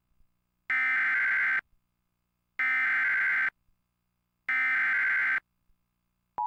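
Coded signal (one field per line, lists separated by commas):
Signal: Emergency Alert System (SAME) tones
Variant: header bursts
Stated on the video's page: Mock EAS severe weather warning, simulated alert tones with added audio effects, shown on simulated EASyPLUS and DASDEC screens.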